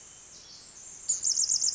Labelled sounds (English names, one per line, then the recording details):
Pacific Wren
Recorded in Sonoma County, California